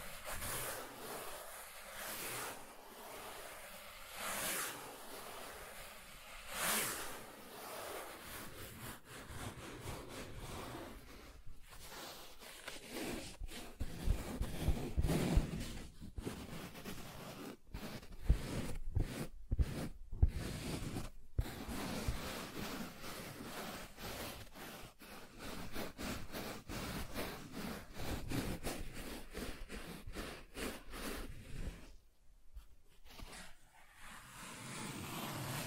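Soft tracing across smooth and rough surfaces, a dry rubbing hiss that sweeps back and forth. Early strokes come in slower separate passes, then the scratching grows denser and grittier, broken by brief silent gaps around 11, 16–21 and 31–33 seconds.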